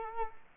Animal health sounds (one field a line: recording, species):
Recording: mosquito wingbeat signal from an infrared sensor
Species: Culex quinquefasciatus